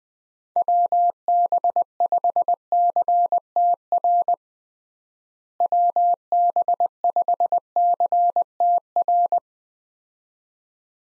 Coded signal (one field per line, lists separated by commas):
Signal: Morse code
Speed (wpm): 21 wpm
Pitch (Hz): 700 Hz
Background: none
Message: WB5CTR WB5CTR